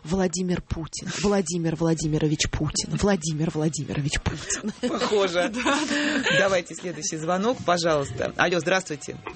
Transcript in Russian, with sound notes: «Владимир Путин, Владимир Владимирович Путин, Владимир Владимирович Путин».
Похоже. (смеется) Давайте следующий звонок, пожалуйста. Але, здравствуйте.